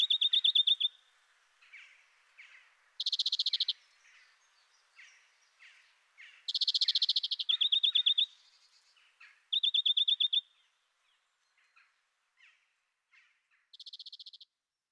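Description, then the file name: European greenfinch song of bright rapid trills mixed with harsher buzzy trills, with softer twittering notes filling the gaps between phrases. "Groenling"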